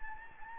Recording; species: mosquito wingbeat signal from an infrared sensor; Anopheles gambiae